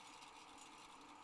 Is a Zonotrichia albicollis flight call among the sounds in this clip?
no